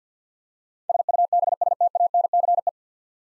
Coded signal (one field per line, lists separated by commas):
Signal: Morse code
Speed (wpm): 48 wpm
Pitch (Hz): 700 Hz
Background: none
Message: SUBSTANCE